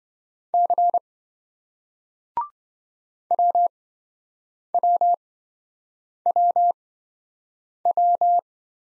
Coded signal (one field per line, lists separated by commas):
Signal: Morse code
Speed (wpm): 26 wpm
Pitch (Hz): 700 Hz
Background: none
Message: C WWWW